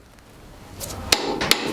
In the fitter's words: until we hear the torque wrench click